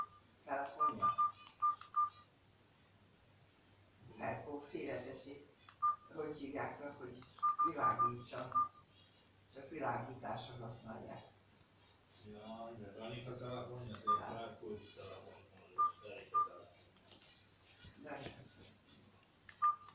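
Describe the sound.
Short bursts of phone keypad tones beep in quick runs as a man types a number into a phone, talking over them, the tones faint and thin beneath his voice.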